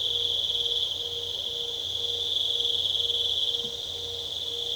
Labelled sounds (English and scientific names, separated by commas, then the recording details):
none
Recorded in pastures near Puerto Asís, Putumayo, Colombia, on 22 December 2024 at 20:30
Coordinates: 0.486, -76.323
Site GP01